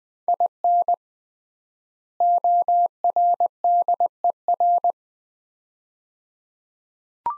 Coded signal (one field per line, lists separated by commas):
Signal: Morse code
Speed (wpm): 20 wpm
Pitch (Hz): 700 Hz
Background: none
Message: IN ORDER